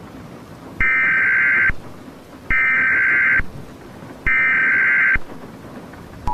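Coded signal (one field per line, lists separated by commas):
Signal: Emergency Alert System (SAME) tones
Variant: header bursts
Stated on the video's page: Mock tornado EAS alert, simulated.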